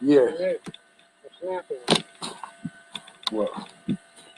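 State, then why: Not seated. A child handles pieces of a toy play structure, apparently a tent or bed, fitting a toy piece into it while someone talks. Light taps and knocks are heard around 2.4, 3.0, 3.1 and 3.9 seconds, but the piece has not snapped or seated yet.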